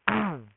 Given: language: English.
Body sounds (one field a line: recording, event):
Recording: throat vibration sensor signal played as sound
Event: throat clearing